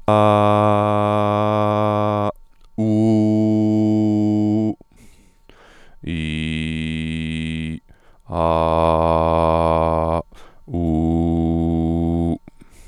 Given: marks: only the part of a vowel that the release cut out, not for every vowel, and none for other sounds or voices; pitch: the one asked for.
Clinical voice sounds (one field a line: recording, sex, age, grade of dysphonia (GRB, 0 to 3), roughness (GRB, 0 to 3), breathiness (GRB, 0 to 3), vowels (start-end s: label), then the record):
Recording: sustained vowels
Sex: male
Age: 20 to 29 years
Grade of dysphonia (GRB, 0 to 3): 1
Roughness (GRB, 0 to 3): 1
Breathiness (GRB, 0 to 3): 0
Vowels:
0.43-2.19 s: vowel /a/, high pitch
2.87-4.57 s: vowel /u/, high pitch
6.15-7.65 s: vowel /i/, low pitch
8.43-10.08 s: vowel /a/, low pitch
10.83-12.26 s: vowel /u/, low pitch
From the record:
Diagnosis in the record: healthy voice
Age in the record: 25 years